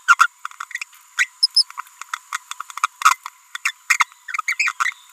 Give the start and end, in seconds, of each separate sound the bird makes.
0.08-0.15, 0.19-0.27, 1.18-1.27, 1.43-1.46, 1.55-1.63, 3.65-3.71, 3.90-4.04, 4.29-4.41, 4.48-4.55, 4.59-4.72, 4.80-4.93